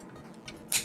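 A plastic chest panel is clipped onto a combined-mode toy robot. There is a small tick at 0.5 s, then a sharp, bright click at 0.7 s as the panel seats.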